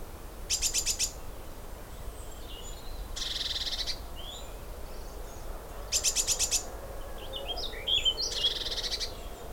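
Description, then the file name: Great tit churring calls, buzzy rattles of rapid pulses, four bursts about every two to three seconds, with soft twittering between them. "Parus major"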